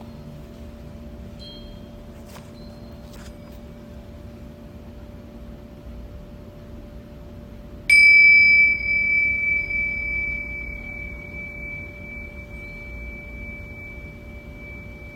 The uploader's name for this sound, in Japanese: チベタンシンキングボールのサウンドヒーリング